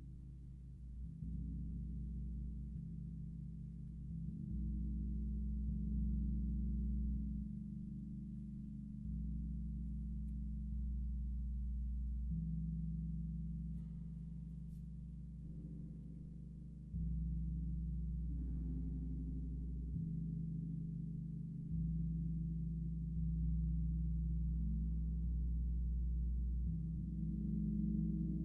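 Singing bowls and a gong hum in deep, sustained low tones that swell and shift every few seconds, with occasional faint metallic touches.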